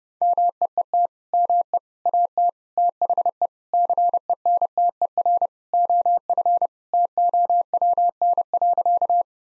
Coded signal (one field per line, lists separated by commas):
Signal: Morse code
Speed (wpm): 30 wpm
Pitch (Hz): 700 Hz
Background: none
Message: MEET ME AT THE CENTER OF TOWN.